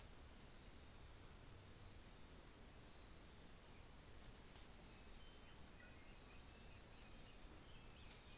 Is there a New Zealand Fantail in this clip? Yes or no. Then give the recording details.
no. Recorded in New Zealand on 24 December 2018. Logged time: 13:30